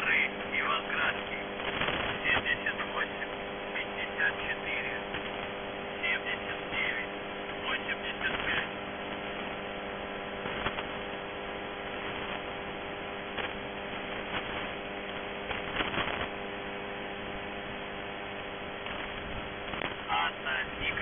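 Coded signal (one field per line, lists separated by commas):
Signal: numbers station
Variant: UVB-76 voice message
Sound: distorted, faint male voice reading words over loud hum and crackling interference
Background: radio static and hum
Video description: 2:05-4:06 Message 2 - 14:49 UTC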